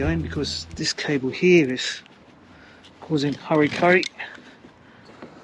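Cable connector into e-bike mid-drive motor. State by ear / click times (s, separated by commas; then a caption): seated / 5.2 s. During a Bosch Gen 2 e-bike mid-drive motor replacement, a mechanic pushes a cable plug into its socket on the motor while someone talks. After the talk quiets, the connector seats with a short, sharp click at 5.2 s, confirming it is in.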